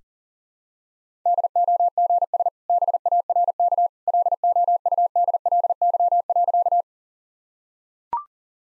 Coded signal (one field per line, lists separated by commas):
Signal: Morse code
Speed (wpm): 37 wpm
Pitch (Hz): 700 Hz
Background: none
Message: DOGS BARK LOUDLY.